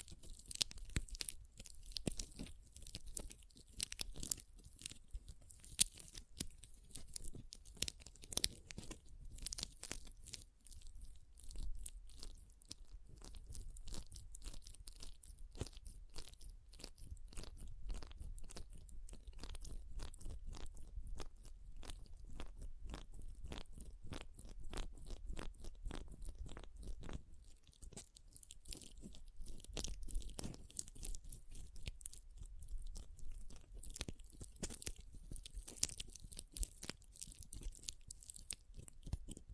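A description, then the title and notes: Pom pom tingles: a dense, rapid stream of crisp, crunchy crackling and rustling that runs the whole forty seconds, with a soft low rumble underneath. The texture stays fairly even, thinning briefly around ten and twenty-eight seconds, with one sharper snap near six seconds. ASMR Ultimate Pom Pom Tingles (No Talking).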